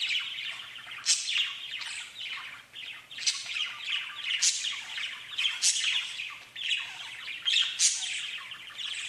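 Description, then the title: Budgerigar chatter, a continuous scratchy warble broken by sharp high squawks every second or two. "Budgie Sounds"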